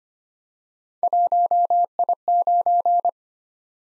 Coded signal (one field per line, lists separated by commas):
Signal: Morse code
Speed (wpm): 25 wpm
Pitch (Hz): 700 Hz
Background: none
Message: 1I9